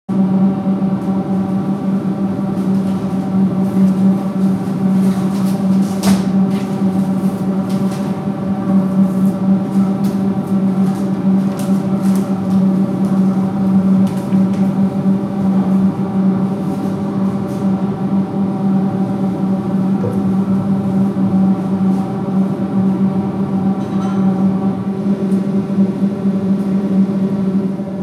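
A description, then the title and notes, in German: Refrigeration units drone with a steady, buzzing hum, a low wasp-like whine with layered overtones that holds at an even level for the whole half minute. Faint clicks and ticks pass by now and then, including a sharper snap near six seconds. Ich mag besonders die Kühlaggregate dort: Die klingen wie künstliche Wespen.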